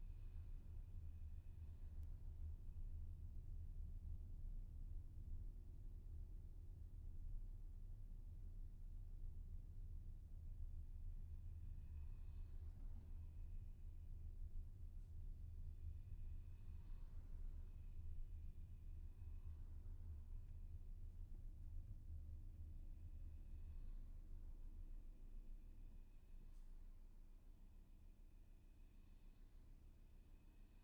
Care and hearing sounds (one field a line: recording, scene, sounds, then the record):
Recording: everyday scene through a hearing-aid microphone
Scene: in a vehicle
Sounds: engine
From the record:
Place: VW T5 Caravelle, diesel engine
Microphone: behind the ear, left, front